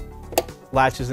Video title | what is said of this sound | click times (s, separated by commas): ThinkCentre M83 / M93p Small Form Factor Desktop - Primary Hard Disk Drive Replacement | pivot the drive bay assembly downward until it latches | 0.4 s